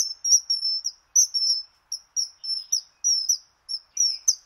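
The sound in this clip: Bird: clear, piercing high whistles from a bird, delivered in quick pairs and short runs with brief pauses between, on a quiet background.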